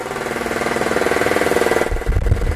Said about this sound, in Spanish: Os presentamos a nuestro amigo Benny el Ventilador. ¡Di algo!